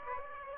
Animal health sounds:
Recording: mosquito wingbeat signal from an infrared sensor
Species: Aedes aegypti

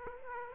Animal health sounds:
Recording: mosquito wingbeat signal from an infrared sensor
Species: Aedes aegypti

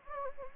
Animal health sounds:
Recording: mosquito wingbeat signal from an infrared sensor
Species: Anopheles gambiae

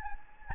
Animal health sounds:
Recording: mosquito wingbeat signal from an infrared sensor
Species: Anopheles gambiae

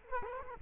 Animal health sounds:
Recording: mosquito wingbeat signal from an infrared sensor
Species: Culex quinquefasciatus

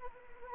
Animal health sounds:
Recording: mosquito wingbeat signal from an infrared sensor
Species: Anopheles arabiensis

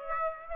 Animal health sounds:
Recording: mosquito wingbeat signal from an infrared sensor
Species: Aedes aegypti

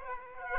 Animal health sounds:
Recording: mosquito wingbeat signal from an infrared sensor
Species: Aedes aegypti

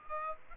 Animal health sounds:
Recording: mosquito wingbeat signal from an infrared sensor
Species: Aedes aegypti

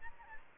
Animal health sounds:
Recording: mosquito wingbeat signal from an infrared sensor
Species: Aedes aegypti

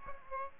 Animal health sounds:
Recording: mosquito wingbeat signal from an infrared sensor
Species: Aedes aegypti

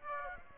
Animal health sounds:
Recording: mosquito wingbeat signal from an infrared sensor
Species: Aedes aegypti

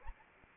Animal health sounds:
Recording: mosquito wingbeat signal from an infrared sensor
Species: Anopheles arabiensis

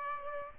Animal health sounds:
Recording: mosquito wingbeat signal from an infrared sensor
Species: Aedes aegypti

